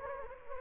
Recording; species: mosquito wingbeat signal from an infrared sensor; Anopheles gambiae